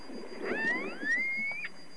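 Whale call: two overlapping tonal whistles, each sweeping upward and then levelling off, over background noise.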